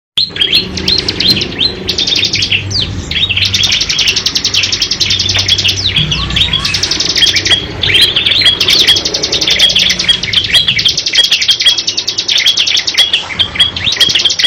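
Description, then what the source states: Lovebird giving long, sustained high rattling chatter in extended bursts with short breaks, sharp chirps scattered throughout, and a faint low hum in the background. Long continuous chatter song style called ngekek panjang.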